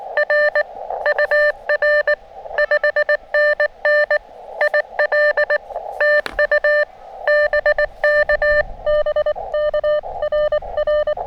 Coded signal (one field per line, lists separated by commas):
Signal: Morse code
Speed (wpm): 23 wpm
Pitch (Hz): 590 Hz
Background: none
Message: R UR 5NN IL TU BK BK RR